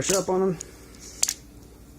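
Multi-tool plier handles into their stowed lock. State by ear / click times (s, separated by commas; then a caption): seated / 1.2 s. The folding pliers handles of a compact metal multi-tool are folded closed and locked into their stowed position. Someone talks briefly at the start, then a sharp metallic snap comes at 1.2 s with a quieter follow-up tick just after it. The handles lock in and stay neatly put away.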